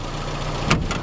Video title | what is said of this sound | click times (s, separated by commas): Peugeot 309 Tackles Indian Roads Like A BOSS - Full Review On Joyrides | but there, locks into place. | 0.7 s